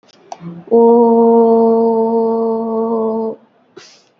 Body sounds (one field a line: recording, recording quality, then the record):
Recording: sustained vowel as in boot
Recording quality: excellent, no background noise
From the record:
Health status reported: COVID-19 positive, mild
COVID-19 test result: positive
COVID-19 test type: RT-PCR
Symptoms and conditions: cough, sore throat, fever, muscle pain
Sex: female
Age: 35 years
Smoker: no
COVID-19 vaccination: both doses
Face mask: worn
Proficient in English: yes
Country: India